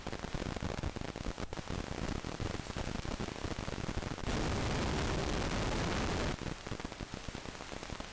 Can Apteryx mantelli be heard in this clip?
no